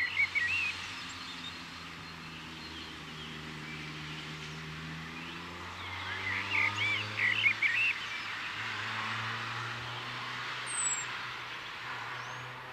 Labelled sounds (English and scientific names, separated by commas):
Common Blackbird (Turdus merula)